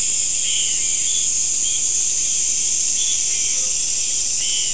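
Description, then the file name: An unbroken high insect drone fills the whole stretch, with a few quick chirping notes here and there. "mainly insect"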